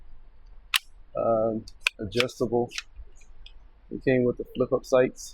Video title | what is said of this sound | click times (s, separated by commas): Ruger LC Carbine .45 Auto (ACP) Vortex Sparc | folding stock. It locks in place. | 0.8 s